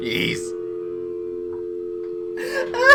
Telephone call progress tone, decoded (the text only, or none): dial tone